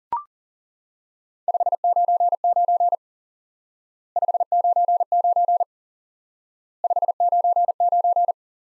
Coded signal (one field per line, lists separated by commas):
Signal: Morse code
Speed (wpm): 37 wpm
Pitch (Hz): 700 Hz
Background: none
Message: 599 599 599